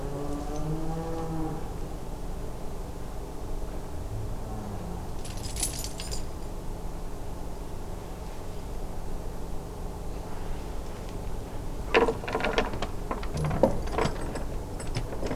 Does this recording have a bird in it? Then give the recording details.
no. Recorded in France